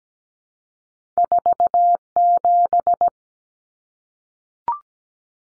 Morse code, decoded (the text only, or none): 47